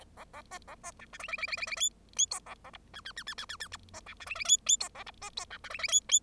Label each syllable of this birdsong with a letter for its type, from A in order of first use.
A A B A B C D E E E E E E F F G A A H I I I I I I I I B C D E E F F G A H B G C D E E F F